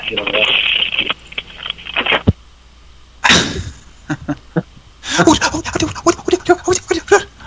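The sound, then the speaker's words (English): A telephone receiver is fumbled as a woman picks up the phone, giving loud scraping rustles, thumps and a quick run of sharp clicks and knocks, broken by brief quiet gaps. “But boy, when she does wake up and pick up the phone, is it entertaining to hear the fumbling of the receiver?”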